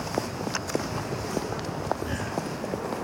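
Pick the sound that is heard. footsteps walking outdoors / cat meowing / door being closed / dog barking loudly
footsteps walking outdoors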